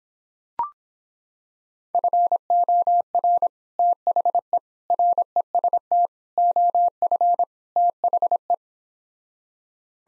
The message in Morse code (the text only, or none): FOR THE REST OF THE